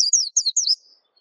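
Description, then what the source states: White-eye song: a short, high twitter of three or four sliding, descending notes that trails off into a faint whistle. Song described as melodious and long.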